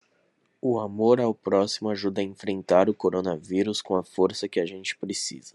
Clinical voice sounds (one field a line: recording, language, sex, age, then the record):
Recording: spoken sentence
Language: Brazilian Portuguese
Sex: male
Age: 20 to 29 years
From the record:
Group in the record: control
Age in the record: 26 years